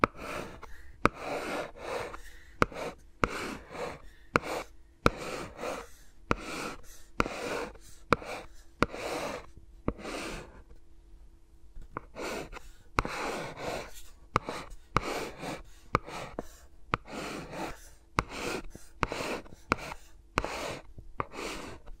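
Finger sounds from ASMR mics: repeated soft rushing bursts about every second, each with a sharp click, pausing briefly near ten seconds.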